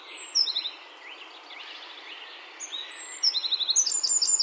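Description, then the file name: Eurasian wren song fragments: high, thin trilled notes at the start, a quieter gap, then a fast run of sharp high twitters returning near the end. "Troglodytes troglodytes"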